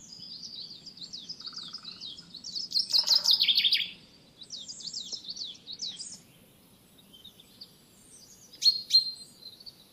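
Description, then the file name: Common chaffinch: quick, high descending trills in several bursts, one louder phrase near the middle, then a brief sharp note near the end. "Fringilla coelebs"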